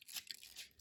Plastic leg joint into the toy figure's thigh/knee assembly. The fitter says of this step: again you kind of have to push the joints in there so they cooperate and then click into place